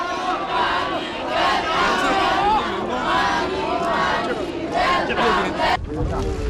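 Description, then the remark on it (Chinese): More than a thousand teachers and students line the way, waving Chinese and Papua New Guinean flags, cheering and shouting to welcome Xi Jinping: a loud, continuous roar of many voices rising and swelling in waves for several seconds, with no single voice standing out. “习近平在奥尼尔陪同下沿学员中轴路前行，千余名教师和学生夹道欢迎，他们挥舞着中巴新两国国旗欢呼雀跃。”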